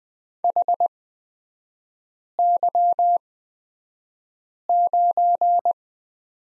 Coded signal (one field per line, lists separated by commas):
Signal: Morse code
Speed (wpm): 20 wpm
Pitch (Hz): 700 Hz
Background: none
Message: HY9